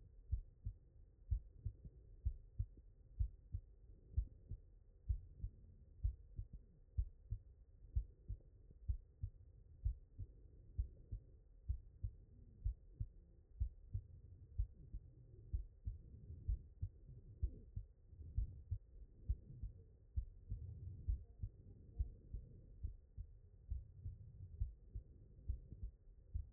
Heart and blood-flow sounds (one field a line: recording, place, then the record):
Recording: heart sounds by stethoscope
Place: mitral valve (MV)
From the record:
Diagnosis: non-HFrEF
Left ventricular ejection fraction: 58%